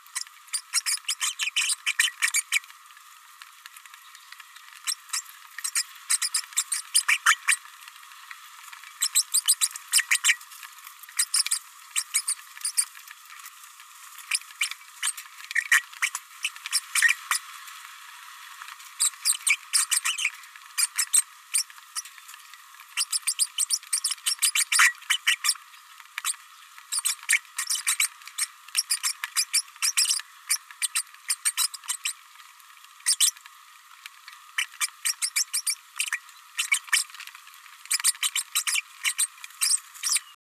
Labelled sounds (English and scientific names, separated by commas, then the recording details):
Green-rumped Parrotlet (Forpus passerinus) babbling
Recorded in a nest box in Venezuela
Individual 18B104A3